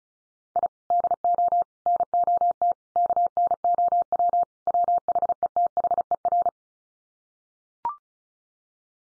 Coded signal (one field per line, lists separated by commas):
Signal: Morse code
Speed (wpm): 34 wpm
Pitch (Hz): 700 Hz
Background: none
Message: I DO NOT KNOW WHETHER